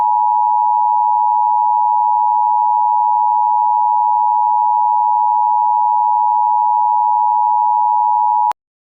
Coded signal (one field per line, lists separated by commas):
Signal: Emergency Alert System (SAME) tones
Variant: 853 and 960 Hz attention tone